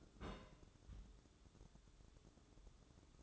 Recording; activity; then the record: daily activity, microphone in the room; place on stove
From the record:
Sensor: 3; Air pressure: 1008.0 hPa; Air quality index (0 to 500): 121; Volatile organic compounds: 2 ppm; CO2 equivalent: 1009 ppm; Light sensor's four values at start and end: 9/20/8/8 and 9/20/8/8